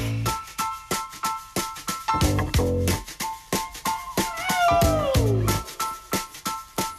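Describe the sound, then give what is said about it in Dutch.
A singer imitates a cat within a bouncy song, sliding a voice through a long, falling meow-like cry over a steady, plucky rhythmic accompaniment. “En er zijn ook artiesten die een kat na proberen te doen.”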